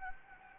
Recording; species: mosquito wingbeat signal from an infrared sensor; Anopheles gambiae